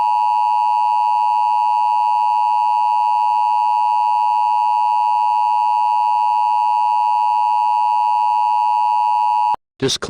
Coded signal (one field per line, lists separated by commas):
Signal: Emergency Alert System (SAME) tones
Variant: 853 and 960 Hz attention tone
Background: speech